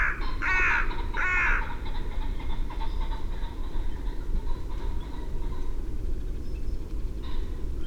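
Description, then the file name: Carrion crow giving two loud, hoarse caws close together at the start, followed by faint scattered calls over constant low background rumble. "Corvus corone"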